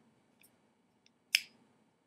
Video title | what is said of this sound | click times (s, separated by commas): Unveiling the Quirky Split Stick | so here we go hear the snap here | 1.3 s